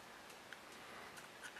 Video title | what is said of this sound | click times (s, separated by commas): Colt Challenger Pistol 22LR Field Strip | and your f and your other hand pulls it into place. Snaps into place. Sounds good. | 0.5 s